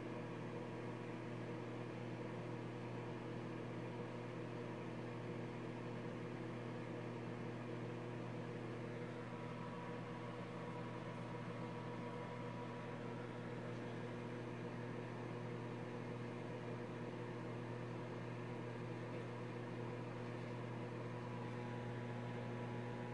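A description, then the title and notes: A microwave hums steadily and evenly for the whole stretch, a low droning tone with a faint rattle. Microwave sounds.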